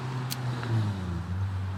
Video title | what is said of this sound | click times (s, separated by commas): COMPOUND BOW OR CROSSBOW? HOYT RX1 and Killer Instinct Fatal X! | go do you hear it click let off | 0.3 s